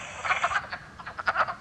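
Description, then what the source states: Wood frogs giving quick, hoarse, duck-like clucks, several overlapping notes in uneven bursts. Wood frog chorus, said to sound like squabbling ducks from a distance; common in eastern and southern Kentucky and the Mammoth Cave region.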